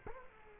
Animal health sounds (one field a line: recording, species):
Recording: mosquito wingbeat signal from an infrared sensor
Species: Culex quinquefasciatus